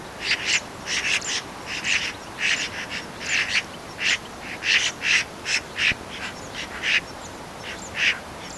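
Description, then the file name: Eurasian magpie chattering: a long run of harsh, dry notes, often doubled. "Pica pica"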